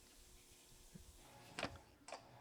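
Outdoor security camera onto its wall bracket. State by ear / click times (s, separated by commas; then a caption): seated / 1.6 s. An outdoor security camera is slid onto its wall mounting bracket and locked into place. Over a low background hiss, a sharp double snap sounds at 1.6 s and 1.6 s as it seats, followed by a fainter click near 2.1 s. The camera is seated on the bracket.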